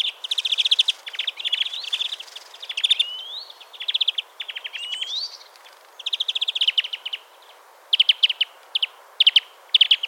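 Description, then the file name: European greenfinch uttering long runs of fast chirping trills with several upward-sliding wheezes, pausing briefly between phrases. "Chloris chloris"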